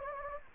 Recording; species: mosquito wingbeat signal from an infrared sensor; Anopheles gambiae